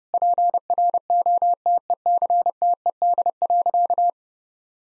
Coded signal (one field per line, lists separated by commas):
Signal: Morse code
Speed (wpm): 30 wpm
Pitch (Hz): 700 Hz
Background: none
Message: PROTECTED.